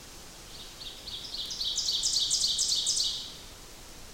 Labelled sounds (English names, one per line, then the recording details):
Ovenbird song
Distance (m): 20 m
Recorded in boreal forest in Alberta, Canada, on 8 June 2016 at 07:23
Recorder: SongMeter 3, array SBT-3-9
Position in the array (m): 50 m, 108 m
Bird 33